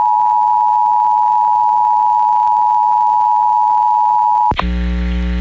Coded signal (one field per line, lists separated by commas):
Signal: Emergency Alert System (SAME) tones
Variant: 853 and 960 Hz attention tone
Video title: PA RMT (7/21/22)(EAS 1211-1217)